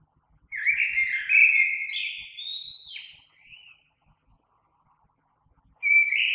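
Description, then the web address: Common blackbird song: a fluting warbled phrase ending in a softer twitter, then a pause before the next phrase starts. Recorded 3 March 2020. "oiseaux Merle 2020 03 03"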